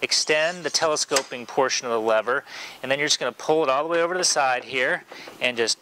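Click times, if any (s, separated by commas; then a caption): none. Someone talks while handling the stabilizing bar lever of a mobile rehab frame, extending its telescoping portion and pulling it all the way over to the side to lower the stabilizing bars. Only speech is heard, with no distinct mechanical hits. The clip ends before the lever is popped up into its locking position, so nothing has seated or clicked yet.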